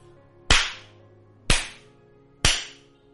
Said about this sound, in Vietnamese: Ba cái tát rất mạnh